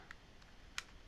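A plastic MacBook key cap is handled over its scissor clip mechanism on a laptop keyboard, with faint plastic ticks and taps around 0.1 s and 0.8 s. Nothing has seated or clicked into place yet; the key cap is not yet home.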